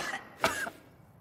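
A single imitated dry cough from an adult, demonstrated as a main symptom of coronavirus (COVID-19).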